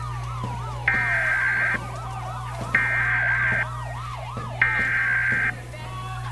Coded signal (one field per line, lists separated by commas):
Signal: Emergency Alert System (SAME) tones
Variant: header bursts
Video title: EAS Scenario: Blood Night Remastered